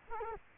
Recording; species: mosquito wingbeat signal from an infrared sensor; Culex quinquefasciatus